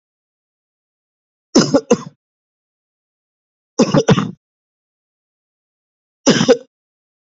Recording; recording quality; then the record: shallow voluntary cough; excellent, no background noise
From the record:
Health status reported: COVID-19 positive, mild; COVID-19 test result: positive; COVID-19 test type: RT-PCR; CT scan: not taken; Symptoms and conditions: cough, cold, sore throat, muscle pain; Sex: male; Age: 28 years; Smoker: yes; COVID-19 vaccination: both doses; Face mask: worn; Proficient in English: yes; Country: India